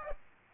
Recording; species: mosquito wingbeat signal from an infrared sensor; Aedes aegypti